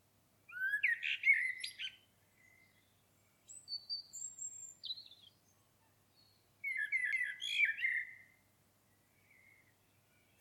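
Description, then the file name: Common blackbird song, rich fluted phrases mixed with high squeaky twitters, in three bursts separated by short pauses. "Turdus merula"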